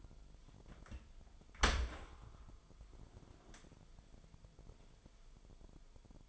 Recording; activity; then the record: daily activity, microphone in the room; open dishwasher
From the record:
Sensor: 5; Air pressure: 998.4 hPa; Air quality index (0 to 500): 80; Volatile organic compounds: 1 ppm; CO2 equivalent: 916 ppm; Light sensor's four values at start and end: 21/50/21/23 and 22/51/21/24